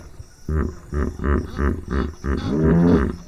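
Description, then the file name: Hippopotamus grunting, deep resonant pulses repeated roughly every half second, building to a longer rumbling grunt at the end. Hippopotamus vocalisations. "Hippo Vocalisation Compilation"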